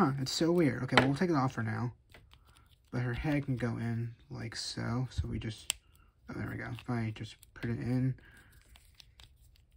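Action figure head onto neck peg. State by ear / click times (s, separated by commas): seated / 9.0 s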